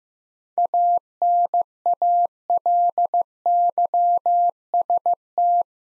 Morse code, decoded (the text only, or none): ANALYST